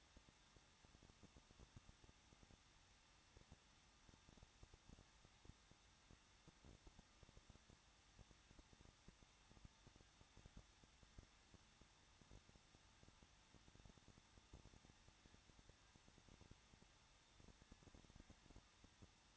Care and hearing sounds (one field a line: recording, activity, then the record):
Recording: daily activity, microphone in the room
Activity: no activity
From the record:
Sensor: 3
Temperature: 21.2 degrees Celsius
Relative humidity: 36.3%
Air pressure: 1006.3 hPa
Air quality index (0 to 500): 221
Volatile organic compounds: 40 ppm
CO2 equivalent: 3151 ppm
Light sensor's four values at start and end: 2/3/2/2 and 2/3/2/2